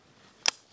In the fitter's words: and you can hear them clicking into place